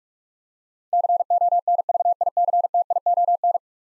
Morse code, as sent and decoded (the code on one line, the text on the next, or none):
-.-. --- -. ...- .. -.-. - .. --- -.
CONVICTION